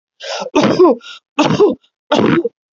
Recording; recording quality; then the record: heavy voluntary cough; excellent, no background noise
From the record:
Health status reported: healthy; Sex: male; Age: 35 years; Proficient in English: yes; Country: India